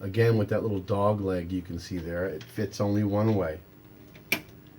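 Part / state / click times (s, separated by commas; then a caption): SATA data cable plug into motherboard SATA port / seated / 4.3 s. Someone talks while a keyed, L-shaped SATA data cable plug is pushed into the first SATA port on a motherboard; it fits only one way. After the talking stops, a faint tick is followed by a sharp click at 4.3 s as the plug latches and seats in the port.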